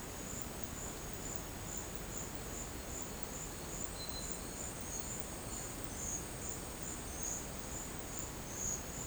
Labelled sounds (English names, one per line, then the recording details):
none
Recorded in dense forest near Puerto Asís, Putumayo, Colombia, on 19 March 2025 at 11:00
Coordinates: 0.500, -76.322
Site GP06